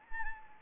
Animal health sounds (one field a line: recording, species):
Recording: mosquito wingbeat signal from an infrared sensor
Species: Anopheles arabiensis